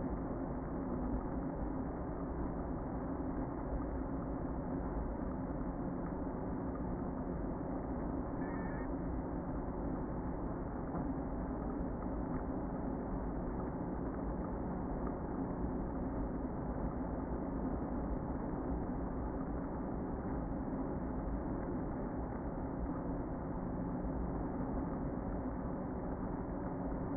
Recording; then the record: honeybee colony, microphone inside the hive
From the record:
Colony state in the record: queen present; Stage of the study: before two queens were removed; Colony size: about 60,000 bees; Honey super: yes